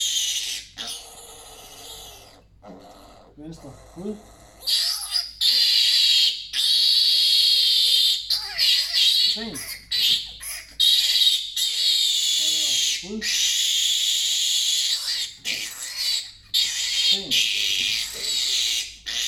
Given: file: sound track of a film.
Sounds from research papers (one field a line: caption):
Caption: Video of the intra-testicular injection procedure. An auditory example of a piglet vocalizing during castration can be consulted in Supplementary Video S1.